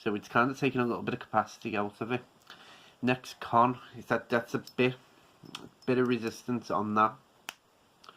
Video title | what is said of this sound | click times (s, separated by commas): Pod series - Eleaf Elven | I mean, it does click into place, which is a pro, but yeah, pulling it out, | 7.5 s